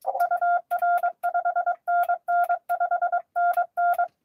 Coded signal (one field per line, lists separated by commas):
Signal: Morse code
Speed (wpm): 23 wpm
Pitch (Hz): 700 Hz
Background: none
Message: UR 5NN 5NN